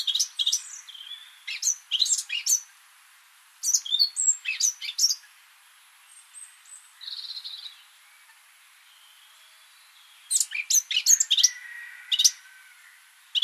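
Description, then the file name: Eurasian blackcap calls: bursts of rapid hard ticking and chattering notes in several groups, with a short softer note between, over a quiet background. "Sylvia atricapilla"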